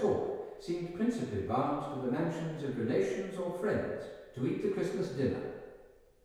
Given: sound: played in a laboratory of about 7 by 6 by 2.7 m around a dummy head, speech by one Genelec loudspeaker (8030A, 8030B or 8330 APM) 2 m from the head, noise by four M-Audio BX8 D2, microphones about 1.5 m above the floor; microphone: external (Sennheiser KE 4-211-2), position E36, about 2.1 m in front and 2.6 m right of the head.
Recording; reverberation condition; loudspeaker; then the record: male speech in English; high; 150 degrees to the right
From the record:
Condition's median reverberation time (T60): about 1300 ms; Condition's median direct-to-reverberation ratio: about -4.0 dB